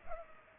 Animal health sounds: mosquito wingbeat signal from an infrared sensor; Culex pipiens

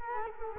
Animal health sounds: mosquito wingbeat signal from an infrared sensor; Culex quinquefasciatus

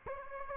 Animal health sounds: mosquito wingbeat signal from an infrared sensor; Aedes aegypti

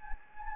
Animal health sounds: mosquito wingbeat signal from an infrared sensor; Anopheles gambiae

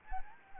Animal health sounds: mosquito wingbeat signal from an infrared sensor; Anopheles gambiae

